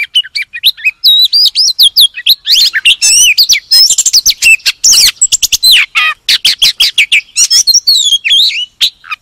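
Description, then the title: Magpie-robin song of high, clear whistled phrases and quick twittering notes, delivered in rapid succession with very short gaps. "Kacer"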